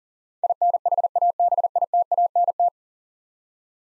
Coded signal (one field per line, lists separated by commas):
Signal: Morse code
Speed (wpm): 39 wpm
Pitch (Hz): 700 Hz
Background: none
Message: INHABITANT